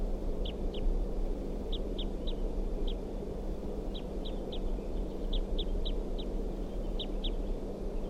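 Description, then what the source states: Crossbill calls: crisp chip notes, singly or in pairs, repeated at uneven intervals over a steady low background hum. Wild female calling from a ponderosa pine across the road after visiting caged bird 327.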